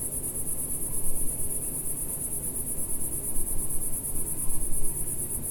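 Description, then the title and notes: Cicada song: a continuous, very high, shimmering buzz with a fine steady pulse throughout, over a low background rumble. Single cicada in a garden in a small village in Picardy, northern France; early evening warmth, among lavender bushes and myrtles. "Sound Escape 137: Enter a trance-like state to the song of a cicada in a French garden. We’re in the garden in a small village in Picardy in Northern France. The early evening warmth teases sweet scent from the lavender bushes and myrtles while a single cicada plays its eternal silvery zither, drawing down the night. BBC Countryfile Magazine's Sound Escapes. Recorded by Fergus Collins"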